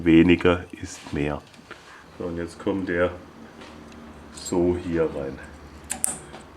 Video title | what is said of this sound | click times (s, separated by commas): Replacing front brakes on a Peugeot 206 CC | Nur einklipsen, das war schon. | 5.9 s, 6.0 s